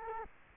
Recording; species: mosquito wingbeat signal from an infrared sensor; Culex quinquefasciatus